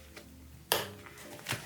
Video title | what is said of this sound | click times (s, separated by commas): sub - 지금까지 사용한 다이어리들을 모두 꺼내보았더니...? | hier ist ein Magnet, der einrastet. | 0.7 s